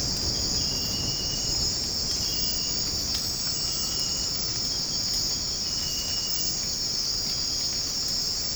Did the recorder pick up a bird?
no